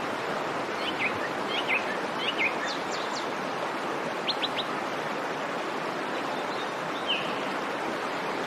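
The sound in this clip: Nightingale song: scattered short chirping notes, a quick burst of three high sharp notes, then a longer whistled note, all over a steady loud rushing noise.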